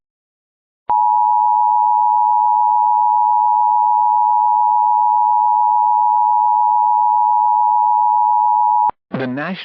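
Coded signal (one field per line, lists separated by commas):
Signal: Emergency Alert System (SAME) tones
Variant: 853 and 960 Hz attention tone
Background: speech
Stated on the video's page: Mock EAS alert for flash flooding, using valid EAS tones.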